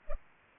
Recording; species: mosquito wingbeat signal from an infrared sensor; Culex pipiens